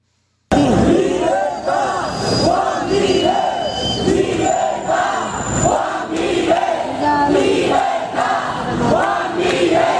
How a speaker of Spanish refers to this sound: Estos eran los gritos de la gente que se concentró el pasado 12 de febrero a las puertas de los juzgados de La Caleta para apoyar a la persona detenida el día anterior mientras caminaba por una calle de Granada.